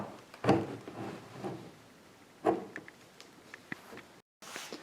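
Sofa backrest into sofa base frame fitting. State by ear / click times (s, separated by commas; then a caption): seated / 2.8 s, 3.7 s. A sofa backrest is slid into the metal fittings on the sofa frame and pushed in until it clips into place. Two loud bursts of handling noise come at about 0.5 s and 2.5 s, followed by sharp, short clicks at 2.8 s and 3.7 s, and the clip ends in a brief dropout and soft noise. The backrest is seated in the frame.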